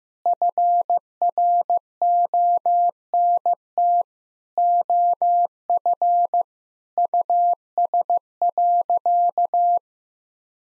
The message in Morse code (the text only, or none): FRONT OF US.